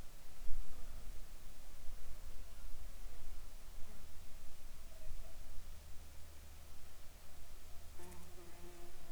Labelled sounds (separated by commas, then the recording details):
insects
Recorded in the Arctic National Wildlife Refuge, Alaska, on 7 July 2019 at 19:31
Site 41